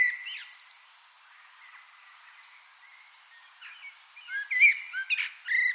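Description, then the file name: Common blackbird song: a brief twittery burst, a long near-silent stretch with faint notes, then a loud warbled phrase with high squeaky ends. "Turdus merula"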